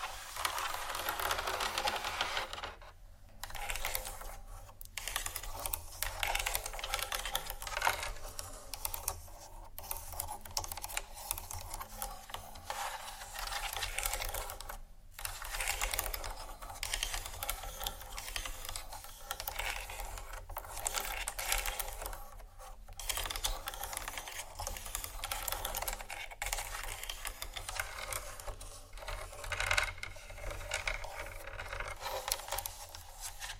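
Scratching triggers fill the clip with dense, rapid scraping and tapping that runs almost without pause, bright and crackly across the highs. Brief silent gaps break the texture around 3, 15 and 22 seconds, while a steady low hum sits underneath throughout.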